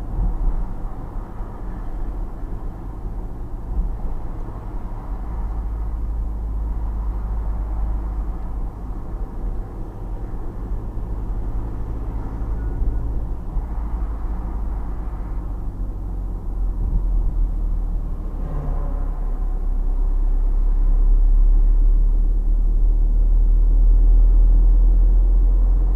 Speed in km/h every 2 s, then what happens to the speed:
37, 38, 38, 38, 37, 37, 40, 38, 37, 29, 24, 27, 27.
0-13 steady at about 38. 13-19 slows to 24. 19-26 steady at about 27.